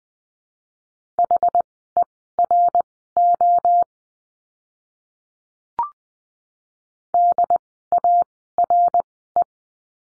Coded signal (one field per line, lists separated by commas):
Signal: Morse code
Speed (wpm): 20 wpm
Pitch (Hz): 700 Hz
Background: none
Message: HERO DARE